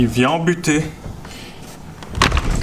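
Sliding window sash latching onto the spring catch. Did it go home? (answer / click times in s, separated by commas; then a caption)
yes / 2.2 s. Someone talks as a sliding window sash carriage slides in, comes up against the stop and clips behind the small latch spring catch with a sharp click at 2.2 seconds. The sash is seated and well adjusted.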